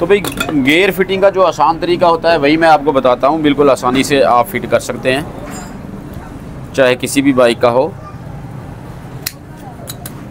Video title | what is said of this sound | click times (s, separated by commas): Honda 100 pridor 3rd gear slipping problem | यह देखिए जी pin हमारी लग गई है। लॉक हो गई है। | 9.3 s